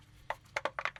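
A new fuel filter element is handled against the filter housing of a 2024 Cummins diesel pickup, making a series of short, sharp plastic-like taps and knocks around 0.3, 0.6, 0.7, 0.8 and 0.9 seconds over a quiet background. The element has not seated or clicked into the housing yet.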